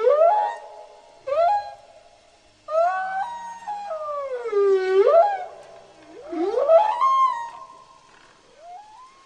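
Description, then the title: Whale calls: long moaning tones that rise, dip and swoop, some with upward sweeps and wavering ends, separated by short gaps of silence. Península Valdés. "Ballenas PenÃnsula ValdÃ©s"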